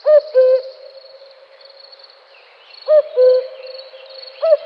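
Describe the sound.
Cuckoo calling a clear two-note cu-ckoo, the second note lower, twice about three seconds apart, then the first note of a third call at the end, over a thin, steady high-pitched hiss.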